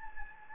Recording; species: mosquito wingbeat signal from an infrared sensor; Anopheles gambiae